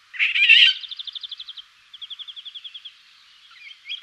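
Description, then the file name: Eurasian golden oriole with a rasping burst followed by two long, evenly pulsed buzzy trills, then another harsh note at the end. "rigogolo"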